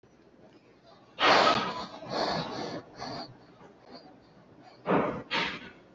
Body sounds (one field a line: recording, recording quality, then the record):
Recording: shallow breathing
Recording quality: excellent, no background noise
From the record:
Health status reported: healthy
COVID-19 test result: negative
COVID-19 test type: RT-PCR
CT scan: not taken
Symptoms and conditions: none ticked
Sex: female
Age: 22 years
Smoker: no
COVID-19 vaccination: both doses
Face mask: worn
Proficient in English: yes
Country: India